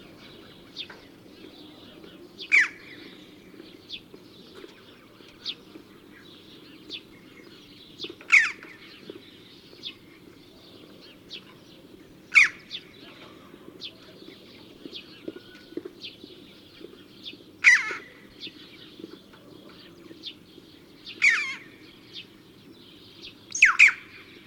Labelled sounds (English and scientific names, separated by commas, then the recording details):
Red-billed Chough (Pyrrhocorax pyrrhocorax) call
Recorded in the wild
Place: Chudjirt, MN
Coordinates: 47.013, 102.255
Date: 1979-06-06
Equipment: Nagra III BH, Sennheiser MD 21, parabola
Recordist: Schubert, Michael